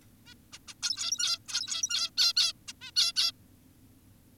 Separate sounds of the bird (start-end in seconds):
0.26-0.34, 0.53-0.59, 0.68-0.74, 0.83-1.39, 1.48-2.10, 2.18-2.34, 2.36-2.53, 2.68-2.73, 2.82-2.91, 2.96-3.13, 3.16-3.32